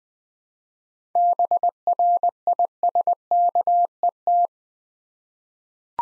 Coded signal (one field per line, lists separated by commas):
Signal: Morse code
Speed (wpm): 20 wpm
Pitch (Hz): 700 Hz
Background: none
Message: BRISKET